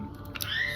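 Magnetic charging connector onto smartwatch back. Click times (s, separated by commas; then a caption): 0.4 s. A magnetic USB-A charging cable for a Tagg Verve Plus smartwatch is brought near the back of the watch and snaps into place on its own. Two short clicks are heard at 0.4 s and 0.4 s (0.36 s and 0.42 s), over a low steady background. The connector seats on the watch back.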